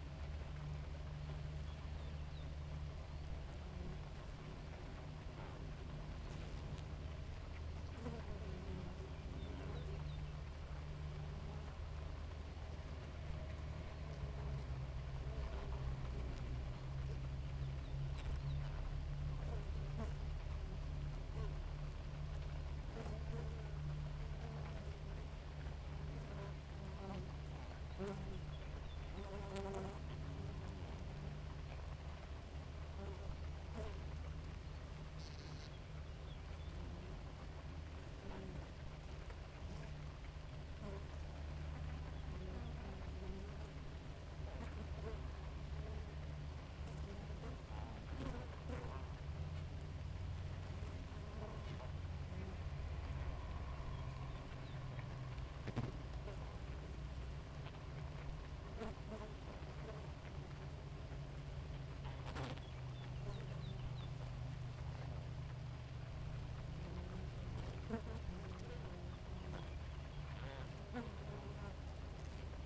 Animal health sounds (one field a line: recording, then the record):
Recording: honeybee colony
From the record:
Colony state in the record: active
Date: 28 July 2017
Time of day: 4:36